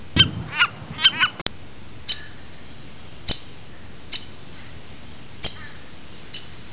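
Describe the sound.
Downy woodpecker, a brief cluster of quick notes, then several sharp single high 'pik' calls spaced roughly a second apart.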